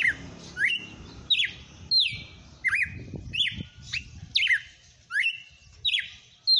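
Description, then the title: Red-cowled cardinal singing a series of bright whistled phrases, each dropping then rising, roughly one every 0.7 seconds, with low background rumble between. Female; bird named Fenrir. "Canto Galo Campina Fêmea. Galo de campina cantando na cara do FREGUÊS - Esse é o FENRIR"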